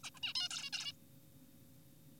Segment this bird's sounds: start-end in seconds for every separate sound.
0.04-0.10, 0.15-0.20, 0.23-0.34, 0.35-0.48, 0.51-0.70, 0.73-0.93